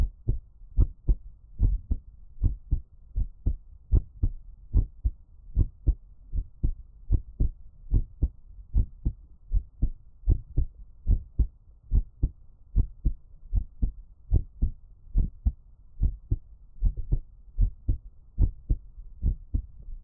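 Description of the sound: Steady, deep heartbeat thumps at about 73 beats a minute from an adult's own heart, heard close up in ASMR style with no talking.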